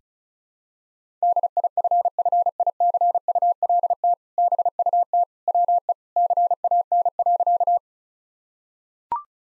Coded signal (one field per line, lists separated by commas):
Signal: Morse code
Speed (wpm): 35 wpm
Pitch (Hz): 700 Hz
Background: none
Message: DIFFICULT BUT WE CAN.